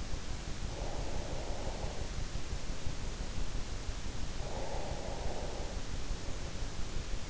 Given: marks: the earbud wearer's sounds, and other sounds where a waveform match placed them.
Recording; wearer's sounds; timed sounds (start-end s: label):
sounds in sleep by an in-ear microphone; breath
0.47-2.47 s: breath
4.28-6.19 s: breath